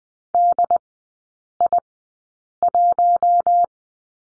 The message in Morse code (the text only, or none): DI1